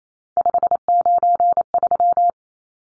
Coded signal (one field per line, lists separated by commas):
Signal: Morse code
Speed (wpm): 28 wpm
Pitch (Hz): 700 Hz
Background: none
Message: 593